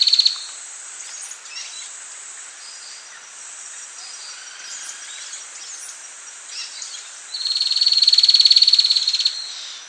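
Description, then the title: Streak-capped antwren: the end of a trill at the start, background chirping, then another rapid high trill of quick even notes lasting about two and a half seconds. "LuckyPassaro Completos2Sama. Streak-capped Antwren (Terenura maculata)"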